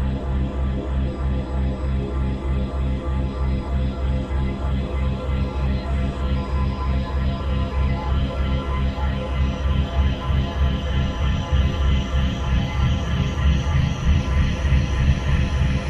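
A full-range binaural beat tone built on a low C# of 65.4 Hz, with a delta beat of 3.2 Hz. A deep, steady hum with stacked overtones throbs in a fast, even pulse from start to finish. Its level never changes, and no other sounds come through.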